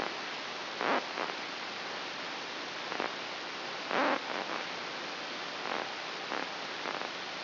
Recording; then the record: brain microelectrode recording played as sound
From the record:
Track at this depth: inside the subthalamic nucleus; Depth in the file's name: 6.931 mm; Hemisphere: right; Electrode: 2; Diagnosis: Parkinson's disease